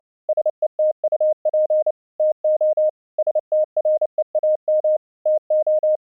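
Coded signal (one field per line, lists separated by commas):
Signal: Morse code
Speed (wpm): 29 wpm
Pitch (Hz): 620 Hz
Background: none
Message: SETUP TO STREAM TO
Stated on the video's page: Morse used as a test signal, streamed between two locations over a low-latency MP3 audio link.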